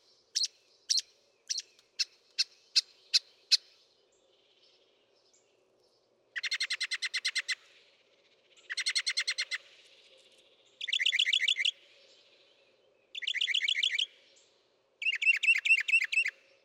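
Northern mockingbird song: a run of sharp repeated chips, then several rapid buzzy trilled bursts, each phrase type repeated before switching.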